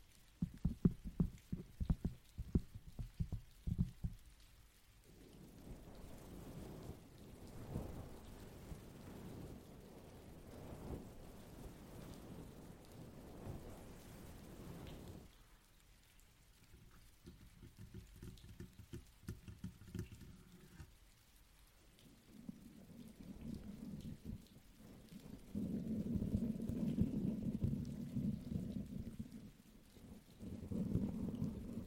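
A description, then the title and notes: Rain, opening with about five seconds of sharp, irregular drips and taps before settling into a dense, steady hiss. The hiss thins around fifteen seconds, then a deeper, rumbling downpour builds after twenty-two seconds, swelling louder near twenty-six seconds and again at the end. ASMR Energy rain (+ pluie).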